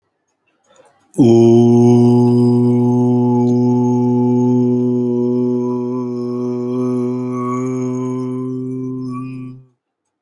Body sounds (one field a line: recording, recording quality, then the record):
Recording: sustained vowel as in boot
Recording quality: excellent, no background noise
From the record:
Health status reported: healthy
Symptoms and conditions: none ticked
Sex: male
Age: 29 years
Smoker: yes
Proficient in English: yes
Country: India